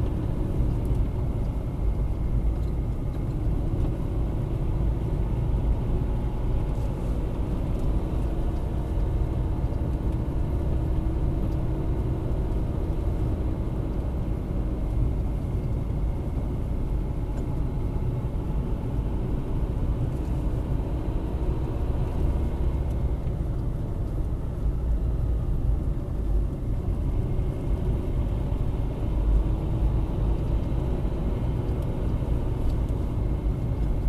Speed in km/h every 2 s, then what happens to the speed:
45, 41, 42, 43, 50, 51, 48, 47, 45, 46, 50, 50, 42, 36, 39, 45, 47.
3-7 speeds up to 50. 7-22 steady at about 48. 22-26 brakes to 36. 26-31 speeds up to 47.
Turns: none.